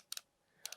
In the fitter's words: sound వస్తుంది చూడండి